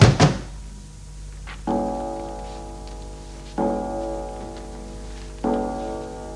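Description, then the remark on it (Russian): A front door thuds shut with a single heavy thunk, followed by three ringing, evenly spaced tones that each fade slowly, with no talking. “На всякий случай закрою входную дверь.”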